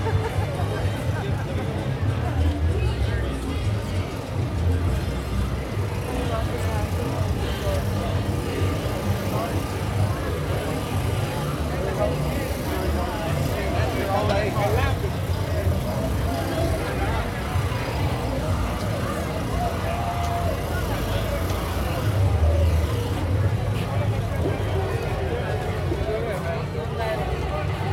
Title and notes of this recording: Calle Ocho 2014 - Sounds from the Street. This is a soundscape recorded from walking through these street festivals.